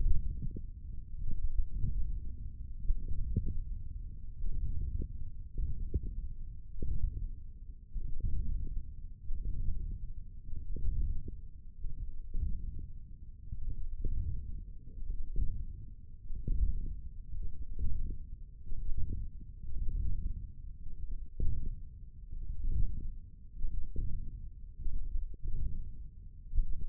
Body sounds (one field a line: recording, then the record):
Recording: forearm muscle sounds (acoustic myography)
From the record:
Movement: hand closing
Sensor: system 1, eight BSWA MPA416 microphones around the upper forearm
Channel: 3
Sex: male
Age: 20 years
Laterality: left